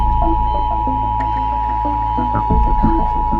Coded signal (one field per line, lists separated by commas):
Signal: Emergency Alert System (SAME) tones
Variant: 853 and 960 Hz attention tone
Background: music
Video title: Redoing: zombie EAS scenario